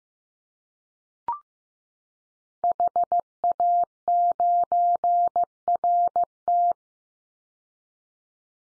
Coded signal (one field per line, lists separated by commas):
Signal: Morse code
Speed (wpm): 15 wpm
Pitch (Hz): 700 Hz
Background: none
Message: HA9RT